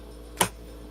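A plastic tote lid, flipped upside down to serve as a humidity dome for clones, is pressed onto a propagation tray. A single sharp plastic click at 0.4 s marks the lid clips snapping into place, and the dome is seated on the tray.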